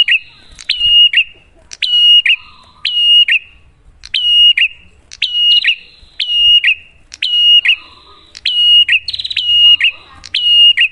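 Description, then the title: Prinia song in rapid succession, whistled phrases with buzzy endings. Duet of Cililin vs Kapas Tembak, a master (masteran) lure recording for prenjak; bird singing actively (gacor) with a clear voice. "Masteran Duet Cililin Vs Kapas Tembak. Pancingan Prenjak Gacor Suara Jernih"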